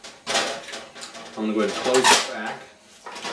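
Someone talks while handling the hinged front door of a vintage Nishijin A SB pachinko machine, swinging it back toward the cabinet frame amid light clattering and rattling. The door's metal latch has not yet snapped into the frame; nothing has seated or clicked by the end of the clip.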